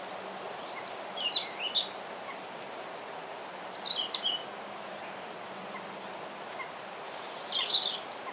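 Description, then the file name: European robin song in three separate phrases, each a quick cascade of high, thin, tumbling notes, with pauses between them over a low hum and a background hiss. "Erithacus rubecula"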